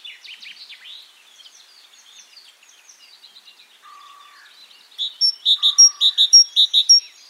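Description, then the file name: Great tit calls: a quick run of bright, clipped notes, some in pairs, over the last two seconds, after soft twittering, with two short low whistles. "Parus major"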